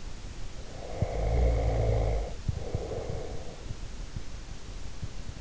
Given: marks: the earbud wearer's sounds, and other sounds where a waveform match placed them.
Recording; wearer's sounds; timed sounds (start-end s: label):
sounds in sleep by an in-ear microphone; snoring breath
0.60-3.74 s: snoring breath